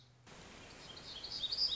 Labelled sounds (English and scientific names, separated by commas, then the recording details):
Black-throated Gray Warbler (Setophaga nigrescens)
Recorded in Sonoma County, California